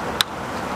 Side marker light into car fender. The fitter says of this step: it back into place making sure the tabs click and